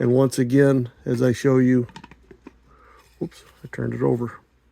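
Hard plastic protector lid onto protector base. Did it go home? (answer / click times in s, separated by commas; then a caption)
no / none. Someone talks while handling the lid of a hard plastic stack protector for a collectible vinyl figure, bringing it toward its base. Between the speech there are faint, short plastic handling taps and rustles. The lid has not snapped on or seated yet.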